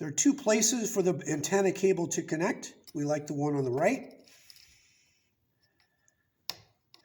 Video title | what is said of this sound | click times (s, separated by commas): How to Replace the 3G Modem ETwater Smart Controller | Pops right in there, like that. | 6.5 s